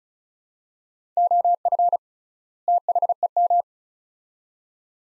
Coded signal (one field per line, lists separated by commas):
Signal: Morse code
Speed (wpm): 34 wpm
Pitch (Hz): 700 Hz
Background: none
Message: OF THEM